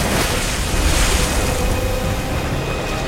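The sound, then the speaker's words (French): Rough ocean waves surge and churn in a loud, steady roar of rushing water with a wind-like hiss, no voices, continuing without pause, as Aronnax is thrown overboard after a creature rams the boat. “La créature percute le bateau. Aronnax est projeté par-dessus bord!”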